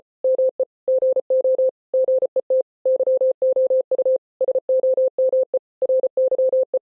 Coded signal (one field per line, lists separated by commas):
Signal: Morse code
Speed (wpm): 33 wpm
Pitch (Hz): 520 Hz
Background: none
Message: ME GO GET YOU SOME RYE